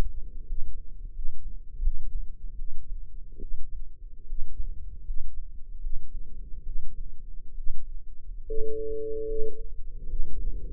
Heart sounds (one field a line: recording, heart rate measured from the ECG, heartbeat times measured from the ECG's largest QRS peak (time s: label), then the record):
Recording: heart sounds by microphone in the left ear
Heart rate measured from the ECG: 75 bpm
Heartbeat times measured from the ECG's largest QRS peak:
0.44 s: heartbeat
1.11 s: heartbeat
1.80 s: heartbeat
2.55 s: heartbeat
3.38 s: heartbeat
4.25 s: heartbeat
5.02 s: heartbeat
5.79 s: heartbeat
6.62 s: heartbeat
7.54 s: heartbeat
8.43 s: heartbeat
9.24 s: heartbeat
10.06 s: heartbeat
From the record:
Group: healthy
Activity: rest 0-8 s, breath hold 8-11 s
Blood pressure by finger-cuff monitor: 118/72 mmHg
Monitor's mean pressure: 85 mmHg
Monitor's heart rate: 74 bpm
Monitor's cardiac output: 6.4 L/min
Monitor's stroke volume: 84 mL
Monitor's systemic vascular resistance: 970 dyn s/cm5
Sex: female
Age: 22 years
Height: 171 cm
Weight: 65.6 kg